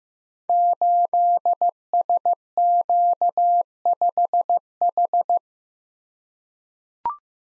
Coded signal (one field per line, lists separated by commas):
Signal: Morse code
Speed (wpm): 15 wpm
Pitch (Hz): 700 Hz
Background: none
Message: 8SQ5H